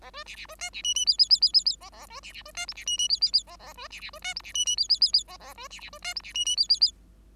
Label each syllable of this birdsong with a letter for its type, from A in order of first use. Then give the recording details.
A B C C B D C E E F F F F F F A A B C C B D G C E E F F F A A B C C B D G C E E F F F F A A B C C B D G C E E F F F. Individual Bird5